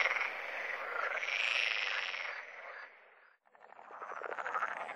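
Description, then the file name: Water frog chorus of overlapping croaks that fades away to near silence for a moment, then resumes with quicker, rattling pulsed calls. "grenouille verte"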